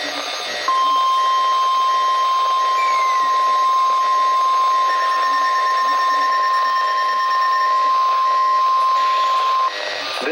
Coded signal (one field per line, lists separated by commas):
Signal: Emergency Alert System (SAME) tones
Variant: 1050 Hz attention tone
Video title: required weekly test (EAS#25) Stations KGG68 Tomball TX Channels 162.400MHz